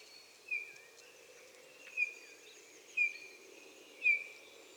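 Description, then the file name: Eurasian bullfinch calling: four soft, plaintive whistled notes, each briefly falling then held, roughly one per second over faint background hiss. "Pyrrhula pyrrhula"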